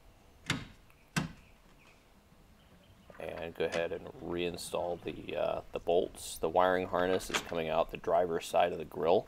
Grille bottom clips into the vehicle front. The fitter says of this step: line up properly snap those in and